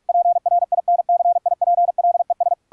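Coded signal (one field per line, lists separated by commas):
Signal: Morse code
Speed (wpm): 46 wpm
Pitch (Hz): 700 Hz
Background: radio noise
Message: PRINCIPLES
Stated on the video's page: Software-generated high-speed CW training audio made with ebook2cw, played in MIXXX and regenerated through VST plugins and a BIPPER code oscillator, then filtered.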